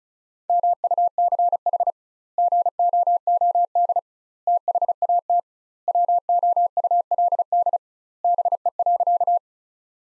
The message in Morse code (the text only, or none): MUCH GOOD THAT WOULD BE.